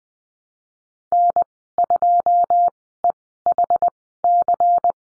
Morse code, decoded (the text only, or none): N2EHC